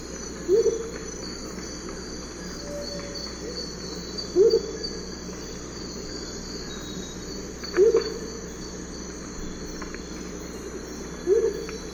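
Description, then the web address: Blue-crowned motmot giving soft, low, slightly rising double hoots, repeated about every three and a half seconds over a steady hum of insects. Eastern lowlands of South America. "Natures Songs S America Eastern Lowlands. Blue-crowned Motmot"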